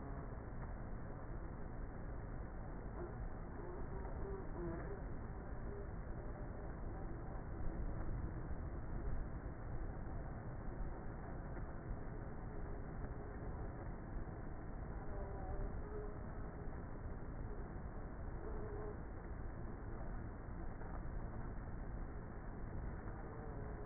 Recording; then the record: honeybee colony, microphone inside the hive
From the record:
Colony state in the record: queenless with a low population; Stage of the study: before two queens were removed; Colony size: about 30,000 bees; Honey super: no